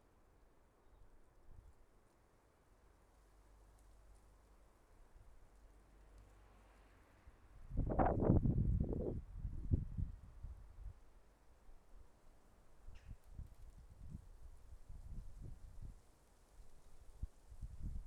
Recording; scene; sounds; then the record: everyday scene through a hearing-aid microphone; wind on the microphone; wind, traffic, birds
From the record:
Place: suburban garden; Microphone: behind the ear, left, rear